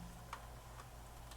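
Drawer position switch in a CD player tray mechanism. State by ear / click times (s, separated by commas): seated / 0.3 s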